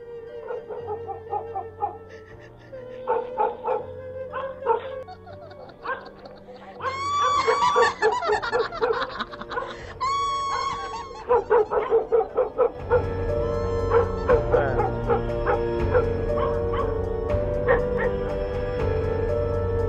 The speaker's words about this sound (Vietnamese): Bầy chó ở trong làng đêm nay nghe tiếng cười ấy sủa lên inh ỏi, tán loạn.